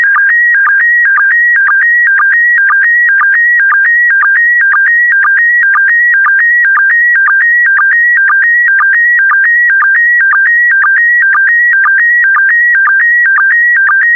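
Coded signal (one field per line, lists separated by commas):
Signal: SSTV (slow-scan television)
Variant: PD120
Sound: steady warbling tone hopping between two pitches, with a short low blip twice a second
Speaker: complete. You can now check your decoded image against the picture that is shown on the video.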